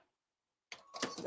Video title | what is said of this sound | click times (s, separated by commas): Sew Together LIVE! | Oh, that one clicked right in. | 0.7 s